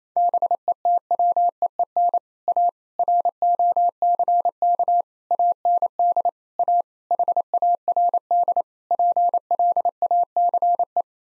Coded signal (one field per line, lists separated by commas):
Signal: Morse code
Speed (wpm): 28 wpm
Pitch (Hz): 700 Hz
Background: none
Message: BETWEEN A ROCK AND A HARD PLACE